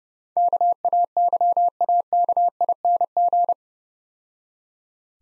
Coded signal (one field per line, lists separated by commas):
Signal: Morse code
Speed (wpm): 32 wpm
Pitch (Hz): 700 Hz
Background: none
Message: KAYAKING